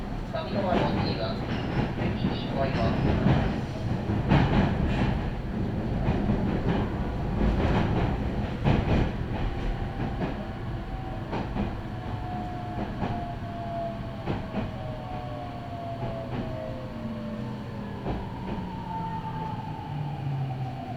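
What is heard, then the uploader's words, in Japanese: Aboard a moving train, a dense low rumble with sharp rail clacks gradually eases as a falling motor whine emerges midway, suggesting slowing. 名古屋鉄道 知多新線・河和線 内海→富貴→河和。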